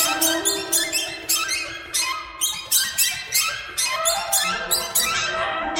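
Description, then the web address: Birds giving harsh, squeaky calls in rapid overlapping bursts, a dense noisy flock chatter throughout. "soundfactory birds"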